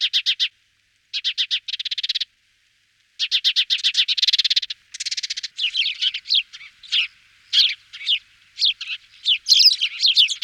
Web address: All the bird songs of Britain and Europe - Jean-Claude Roche. Passer hispaniolensis